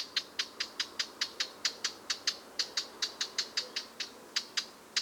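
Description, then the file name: Eurasian blackcap tac calls, sharp dry clicks repeated several times a second against a light background hiss. "Sylvia atricapilla"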